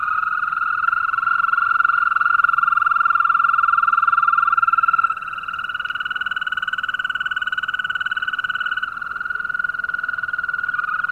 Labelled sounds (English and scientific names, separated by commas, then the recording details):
Green Toad (Bufo viridis)
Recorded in the wild
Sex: male
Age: adult
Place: Falkenberger Rieselfelder, Barnim, Berlin, DE
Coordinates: 52.5814, 13.5508
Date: 1995-05-01 21:55
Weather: Lufttemperatur 4°C
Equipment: Sony TCD-D3, Sennheiser ME 80, K 30 AV (III), Windschutz
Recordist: Frommolt, Karl-Heinz